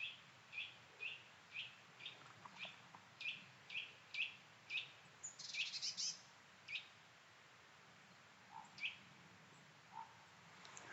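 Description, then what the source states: Eurasian Nuthatch giving a run of sharp, high piping notes about twice a second, then a brief burst of scratchy sound and more spaced notes. High-pitched calls in oak and hazel woodland with gnarled hazels, Brecon Beacons, early spring.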